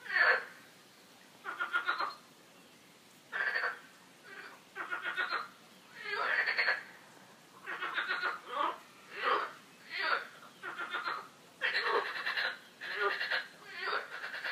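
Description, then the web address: Frog croaks, loud pulsed rattling calls in many short bursts, repeated about once a second with short gaps between them. Frogs croaking, described as quacking ('coin-coin'), in a park. "coincoin des grenouilles dans le parc"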